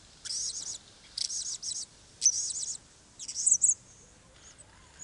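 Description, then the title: Blue-crowned hanging parrot calls in several bursts of shrill, high, scratchy chattering notes separated by short gaps, over a soft steady background hiss. "SERINDIT"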